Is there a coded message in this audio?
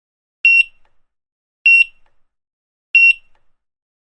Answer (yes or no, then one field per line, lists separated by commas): no